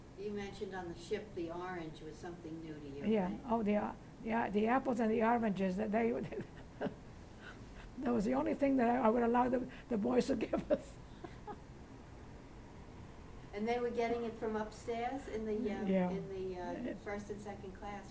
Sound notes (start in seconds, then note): 6.1 she laughs; 10.2 she laughs